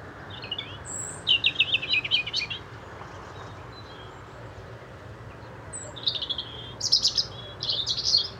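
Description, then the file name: European robin giving thin, high, twittering phrases, a few early on, then a long pause before more sparkling, varied notes near the end, over a steady low background hiss. "Erithacus rubecula"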